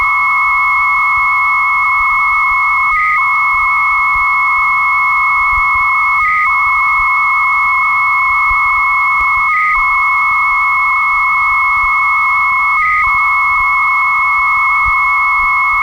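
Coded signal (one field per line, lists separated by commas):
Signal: 300-baud modem data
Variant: Bell 103 300 baud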